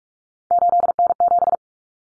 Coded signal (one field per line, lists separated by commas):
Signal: Morse code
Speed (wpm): 44 wpm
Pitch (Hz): 700 Hz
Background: none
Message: 8N7